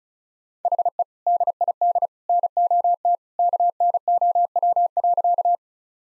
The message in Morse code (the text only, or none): HE DID NOT KNOW.